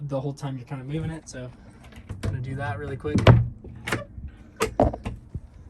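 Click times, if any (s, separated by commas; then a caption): 4.8 s. On a camper van built from a 2017 Ram Promaster 2500, the two locking levers on the fridge door are pushed down one after the other to lock it for travel while someone talks. A sharp click at 4.8 s marks the levers latching the fridge door into place.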